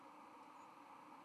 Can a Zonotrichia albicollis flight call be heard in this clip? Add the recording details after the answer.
no. Another species' flight call is heard. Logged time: 04:33 on 31 October 2014